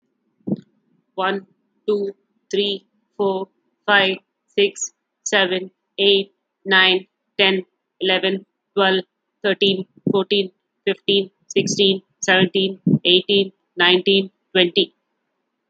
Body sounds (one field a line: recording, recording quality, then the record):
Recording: counting at a normal pace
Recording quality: excellent, no background noise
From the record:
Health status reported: healthy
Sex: female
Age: 43 years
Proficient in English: yes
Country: India